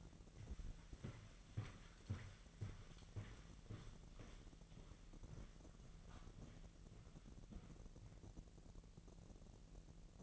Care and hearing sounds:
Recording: daily activity, microphone in the room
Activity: walk to room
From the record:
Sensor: 4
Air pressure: 1013.1 hPa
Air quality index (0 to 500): 247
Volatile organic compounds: 4 ppm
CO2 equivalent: 1642 ppm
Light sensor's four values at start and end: 32/76/31/31 and 26/62/25/25

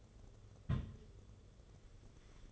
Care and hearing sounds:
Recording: daily activity, microphone in the room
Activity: place on stove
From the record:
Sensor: 4

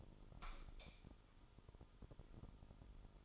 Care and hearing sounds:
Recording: daily activity, microphone in the room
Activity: light off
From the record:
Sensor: 5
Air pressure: 988.5 hPa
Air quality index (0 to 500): 216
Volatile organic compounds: 115 ppm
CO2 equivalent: 3850 ppm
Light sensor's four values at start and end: 45/137/53/57 and 44/131/51/55

